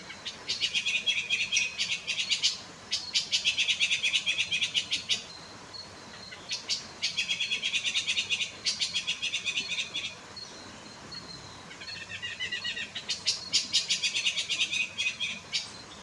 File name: Canto do tie de bando